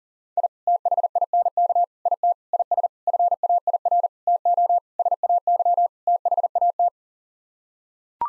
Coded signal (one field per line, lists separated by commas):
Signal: Morse code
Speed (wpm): 40 wpm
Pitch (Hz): 700 Hz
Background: none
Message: I THINK IT IS FAIR TO SAY THAT